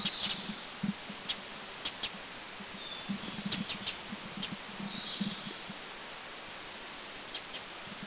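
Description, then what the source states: Winter Wren giving sharp, very high ticking notes, single and doubled, scattered irregularly over low background noise. Call; Anmashan, Taiwan, April 2010.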